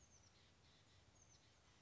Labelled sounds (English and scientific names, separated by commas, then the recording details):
Oak Titmouse (Baeolophus inornatus)
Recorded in Sonoma County, California